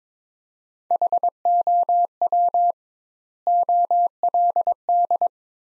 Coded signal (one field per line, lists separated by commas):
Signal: Morse code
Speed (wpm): 21 wpm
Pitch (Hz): 700 Hz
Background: none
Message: HOW OLD